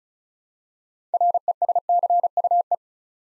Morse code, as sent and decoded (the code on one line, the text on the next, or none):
.-. . ... -.-. ..- .
RESCUE